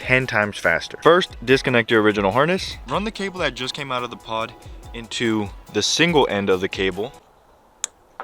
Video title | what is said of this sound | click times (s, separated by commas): NEW! Installing Diode Dynamics SSC1 LED PODS! | once you hear that click you know you're good to go | 7.8 s